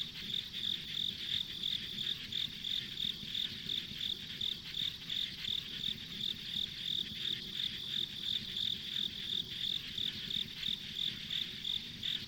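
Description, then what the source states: Insects chirping steadily: repeated bright high pulses at nearly three per second, with a dense, softer hiss behind. Ambient insect sounds recorded on a country road.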